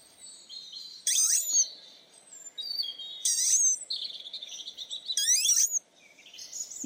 The sound of a dormouse snoring. This is taken from footage which was recorded locally by Dave Williams from the Surrey Dormouse Group.